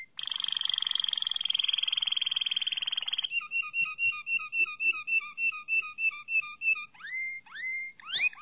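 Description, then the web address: Canary (Malinois Waterslager): canary song opening with a fast, buzzy rolling trill for about three seconds, then a run of repeated bubbling paired notes, ending in short rising whistles. Malinois (Waterslager) breed of domestic canary, song. "canarios racas canto malinoiss"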